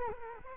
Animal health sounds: mosquito wingbeat signal from an infrared sensor; Culex quinquefasciatus

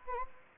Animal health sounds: mosquito wingbeat signal from an infrared sensor; Anopheles gambiae

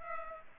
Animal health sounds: mosquito wingbeat signal from an infrared sensor; Culex pipiens

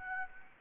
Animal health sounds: mosquito wingbeat signal from an infrared sensor; Anopheles gambiae

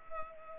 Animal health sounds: mosquito wingbeat signal from an infrared sensor; Culex pipiens

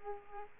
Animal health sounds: mosquito wingbeat signal from an infrared sensor; Aedes aegypti

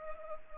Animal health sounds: mosquito wingbeat signal from an infrared sensor; Culex pipiens

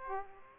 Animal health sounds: mosquito wingbeat signal from an infrared sensor; Aedes aegypti

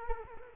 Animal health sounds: mosquito wingbeat signal from an infrared sensor; Culex quinquefasciatus

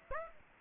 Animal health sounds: mosquito wingbeat signal from an infrared sensor; Aedes aegypti

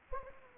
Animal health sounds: mosquito wingbeat signal from an infrared sensor; Anopheles gambiae

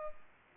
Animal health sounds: mosquito wingbeat signal from an infrared sensor; Culex pipiens

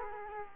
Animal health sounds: mosquito wingbeat signal from an infrared sensor; Culex quinquefasciatus

